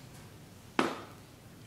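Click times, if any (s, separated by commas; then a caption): 0.8 s. A reproduction folding bayonet for a Carcano M38 short rifle is slid onto the bayonet stud under the barrel and pushed down until its steel latch catches. A single sharp metallic click sounds at 0.8 s against quiet background, and the bayonet locks onto the stud.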